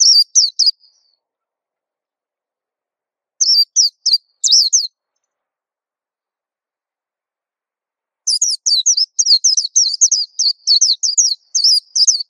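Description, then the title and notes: White-eye song in short high twittering bursts, then a longer stream of fast, sliding, thin notes. Local name pleci; described as a long, melodious song. "Kicau Burung Pleci ampuh. suara burung pleci merdu panjan"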